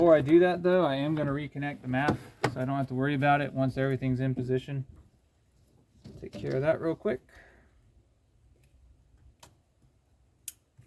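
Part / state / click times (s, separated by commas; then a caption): MAP sensor wiring connector into the sensor on the engine intake / seated / 10.5 s. Someone talks while reconnecting the electrical plug on the MAP sensor of a 2001 Ford F250, pushing the wiring connector onto the sensor on the engine intake before the air intake is refitted. After a quiet stretch of faint handling noises, a single sharp click at 10.5 s shows the connector seating.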